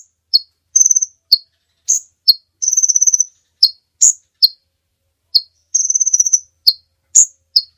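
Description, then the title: Bird song mixing sharp single chirps with short high rattling trills in an irregular rhythm. Master recording of birdsong, used for training songbirds. "Master Burung Jos"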